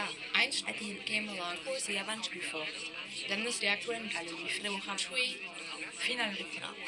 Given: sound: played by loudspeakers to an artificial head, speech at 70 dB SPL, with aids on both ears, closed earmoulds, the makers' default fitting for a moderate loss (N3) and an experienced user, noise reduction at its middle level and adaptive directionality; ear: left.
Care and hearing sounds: speech test signal (ISTS) in cocktail-party noise; +3 dB; in front (0 degrees)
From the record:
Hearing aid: class 2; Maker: C

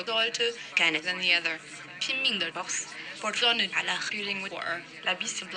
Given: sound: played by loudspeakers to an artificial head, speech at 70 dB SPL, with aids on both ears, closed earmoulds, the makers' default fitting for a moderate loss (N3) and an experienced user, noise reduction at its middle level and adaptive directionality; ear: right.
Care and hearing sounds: speech test signal (ISTS) in cocktail-party noise; +6 dB; on the right (90 degrees)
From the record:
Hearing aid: class 2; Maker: G

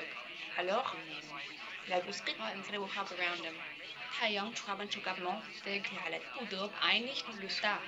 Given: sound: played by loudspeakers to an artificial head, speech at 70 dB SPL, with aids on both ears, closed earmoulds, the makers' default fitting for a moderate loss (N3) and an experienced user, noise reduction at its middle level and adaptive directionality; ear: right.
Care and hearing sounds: speech test signal (ISTS) in cocktail-party noise; +6 dB; in front (0 degrees)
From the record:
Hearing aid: class 1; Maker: F

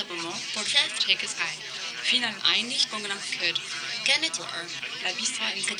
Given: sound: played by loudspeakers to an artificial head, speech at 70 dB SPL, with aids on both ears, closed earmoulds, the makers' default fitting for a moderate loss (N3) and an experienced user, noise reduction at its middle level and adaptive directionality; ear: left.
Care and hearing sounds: speech test signal (ISTS) in cocktail-party noise; +3 dB; in front (0 degrees)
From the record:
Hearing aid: class 2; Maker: A

